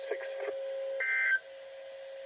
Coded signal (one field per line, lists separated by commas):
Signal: Emergency Alert System (SAME) tones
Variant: end-of-message bursts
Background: speech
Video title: Severe Thunderstorm Warnings (EAS #1892-1893)